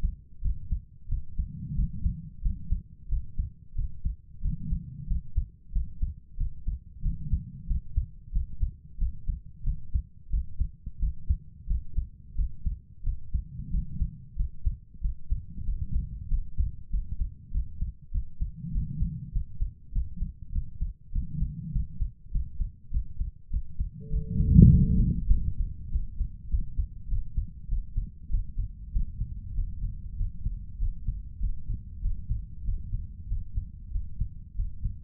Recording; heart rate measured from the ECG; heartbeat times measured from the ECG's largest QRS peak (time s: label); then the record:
heart sounds by stethoscope; 95 bpm
0.41 s: heartbeat
1.07 s: heartbeat
1.74 s: heartbeat
2.41 s: heartbeat
3.08 s: heartbeat
3.74 s: heartbeat
4.40 s: heartbeat
5.06 s: heartbeat
5.71 s: heartbeat
6.36 s: heartbeat
7.01 s: heartbeat
7.66 s: heartbeat
8.31 s: heartbeat
8.97 s: heartbeat
9.62 s: heartbeat
10.29 s: heartbeat
10.98 s: heartbeat
11.66 s: heartbeat
12.34 s: heartbeat
13.02 s: heartbeat
13.69 s: heartbeat
14.35 s: heartbeat
15.00 s: heartbeat
15.63 s: heartbeat
16.27 s: heartbeat
16.89 s: heartbeat
17.50 s: heartbeat
18.11 s: heartbeat
18.71 s: heartbeat
19.31 s: heartbeat
19.91 s: heartbeat
20.51 s: heartbeat
21.11 s: heartbeat
21.71 s: heartbeat
22.30 s: heartbeat
22.90 s: heartbeat
23.49 s: heartbeat
24.09 s: heartbeat
24.68 s: heartbeat
25.28 s: heartbeat
25.89 s: heartbeat
26.47 s: heartbeat
27.07 s: heartbeat
27.67 s: heartbeat
28.28 s: heartbeat
28.90 s: heartbeat
29.53 s: heartbeat
30.15 s: heartbeat
30.77 s: heartbeat
31.38 s: heartbeat
32.00 s: heartbeat
32.63 s: heartbeat
33.26 s: heartbeat
33.90 s: heartbeat
34.54 s: heartbeat
From the record:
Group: healthy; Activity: rest 0-25 s, Valsalva maneuver 25-35 s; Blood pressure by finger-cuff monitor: 111/68 mmHg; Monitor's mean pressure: 83 mmHg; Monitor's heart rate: 94 bpm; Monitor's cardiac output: 7.5 L/min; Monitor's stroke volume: 79 mL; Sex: female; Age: 32 years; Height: 172 cm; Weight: 71.7 kg